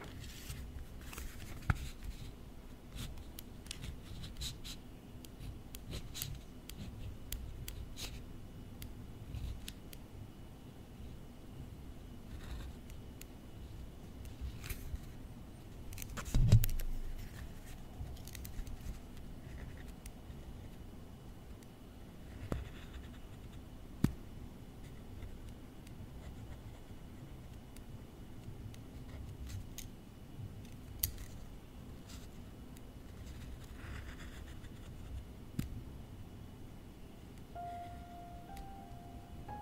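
Close-up tapping and tracing on office objects, with soft scratchy strokes and light taps over a low, steady rumble. Sharp clicks stand out now and then, the loudest knock coming near the middle, with a few more later. A faint tone briefly appears toward the end.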